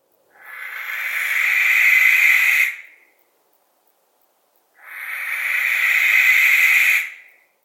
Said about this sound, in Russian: Сипуха.